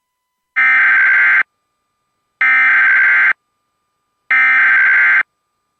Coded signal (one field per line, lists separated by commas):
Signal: Emergency Alert System (SAME) tones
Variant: header bursts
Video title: Another AZ Silver Alert! (EAS#115)